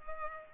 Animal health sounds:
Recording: mosquito wingbeat signal from an infrared sensor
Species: Culex pipiens

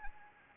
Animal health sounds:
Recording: mosquito wingbeat signal from an infrared sensor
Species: Anopheles gambiae

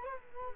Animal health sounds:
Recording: mosquito wingbeat signal from an infrared sensor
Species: Culex quinquefasciatus

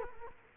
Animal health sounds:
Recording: mosquito wingbeat signal from an infrared sensor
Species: Culex quinquefasciatus

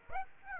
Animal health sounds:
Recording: mosquito wingbeat signal from an infrared sensor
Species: Aedes aegypti

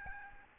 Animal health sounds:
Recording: mosquito wingbeat signal from an infrared sensor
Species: Aedes albopictus

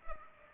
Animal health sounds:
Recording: mosquito wingbeat signal from an infrared sensor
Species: Culex pipiens

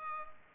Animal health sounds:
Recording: mosquito wingbeat signal from an infrared sensor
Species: Culex pipiens

